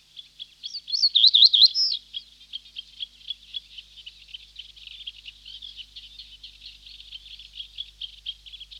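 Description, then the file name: Reed bunting giving one brief, louder high phrase of looping, slurred notes early on, followed by continuous fast, dry chattering. "Reed Bunting (Emberiza schoeniclus)"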